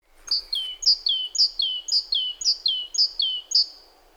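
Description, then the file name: Great tit song: a clear two-note phrase, high note sliding down to a lower one, repeated steadily about seven times without a break. "Parus major"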